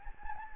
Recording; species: mosquito wingbeat signal from an infrared sensor; Anopheles gambiae